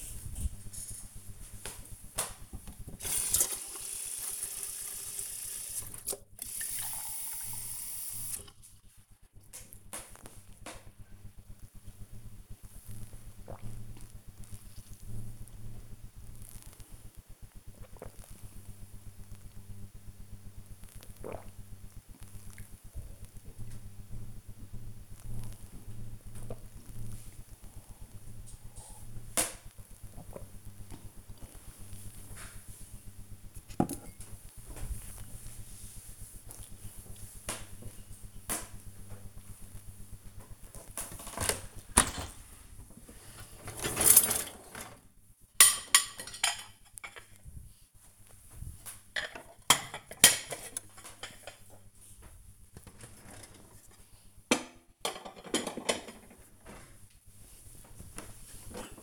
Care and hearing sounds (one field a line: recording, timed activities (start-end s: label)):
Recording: household activities, microphone on the right wrist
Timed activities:
4.62-31.81 s: drinking
39.86-59.03 s: cleaning out the dishwasher